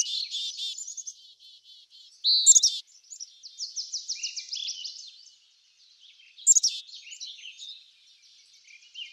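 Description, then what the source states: Birds calling with sharp high chirps and loud trilled bursts, broken by quieter gaps between phrases. Birds in a backyard; ambient nature sounds.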